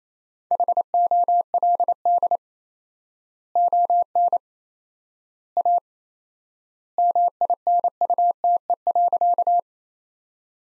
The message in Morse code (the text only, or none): HOLD ON A MINUTE.